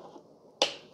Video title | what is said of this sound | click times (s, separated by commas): I LOVE KitchenAid Burr Coffee Grinder Review Best I have Used!!!! | put it in you're going to turn it to the right until it clicks | 0.6 s